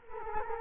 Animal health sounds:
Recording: mosquito wingbeat signal from an infrared sensor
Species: Culex quinquefasciatus

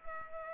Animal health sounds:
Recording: mosquito wingbeat signal from an infrared sensor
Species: Culex pipiens

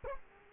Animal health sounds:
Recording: mosquito wingbeat signal from an infrared sensor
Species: Culex quinquefasciatus

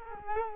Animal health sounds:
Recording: mosquito wingbeat signal from an infrared sensor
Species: Culex quinquefasciatus

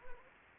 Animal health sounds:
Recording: mosquito wingbeat signal from an infrared sensor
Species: Anopheles arabiensis

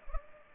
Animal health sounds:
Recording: mosquito wingbeat signal from an infrared sensor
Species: Culex pipiens

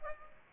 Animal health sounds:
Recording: mosquito wingbeat signal from an infrared sensor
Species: Aedes aegypti

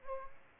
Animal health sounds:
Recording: mosquito wingbeat signal from an infrared sensor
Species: Aedes aegypti

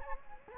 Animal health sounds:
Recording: mosquito wingbeat signal from an infrared sensor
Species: Anopheles gambiae

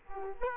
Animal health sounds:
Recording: mosquito wingbeat signal from an infrared sensor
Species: Culex quinquefasciatus

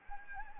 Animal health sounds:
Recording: mosquito wingbeat signal from an infrared sensor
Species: Anopheles arabiensis

